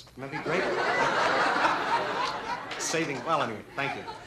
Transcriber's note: soundbite of laughter